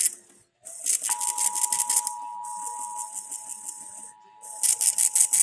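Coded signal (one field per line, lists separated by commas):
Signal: Emergency Alert System (SAME) tones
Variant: 853 and 960 Hz attention tone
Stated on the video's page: Broadcast radio and TV EAS required monthly tests.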